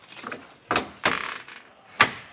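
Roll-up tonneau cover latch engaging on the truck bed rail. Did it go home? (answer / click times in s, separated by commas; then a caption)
yes / 2.0 s. A Fas-Top Traveler roll-up tonneau cover is lowered into place on the bed rail of a 2023 Ford F-150, with soft rustling and handling thumps around 0.7 s and 1.1 s. A sharp click at 2.0 s is its latch engaging, and the cover is seated.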